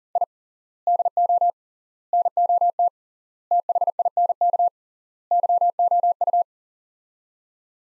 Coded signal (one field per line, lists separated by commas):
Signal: Morse code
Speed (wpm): 40 wpm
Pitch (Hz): 700 Hz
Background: none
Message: I DO NOT THINK YOU